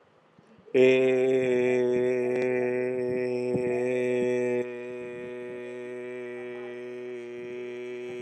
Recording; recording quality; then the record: sustained vowel as in made; excellent, no background noise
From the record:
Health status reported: healthy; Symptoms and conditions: cough, cold, hypertension, diabetes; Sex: male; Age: 38 years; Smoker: not ticked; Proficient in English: yes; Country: India